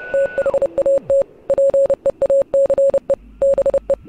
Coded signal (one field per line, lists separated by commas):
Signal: Morse code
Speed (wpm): 30 wpm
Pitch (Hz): 550 Hz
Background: none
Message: THAT PEACE BE